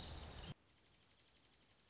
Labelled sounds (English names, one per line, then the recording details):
Dark-eyed Junco
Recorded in Sonoma County, California